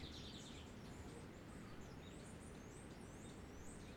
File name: Quebrada La Vieja - Canto de aves en sendero peatonal